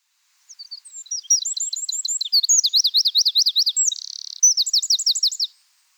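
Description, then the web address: Eurasian wren song: tentative high notes build into rapid looping trills, a short buzzy rattle, then a final bright trill, all very high-pitched. "SETE Troglodytes troglodytes"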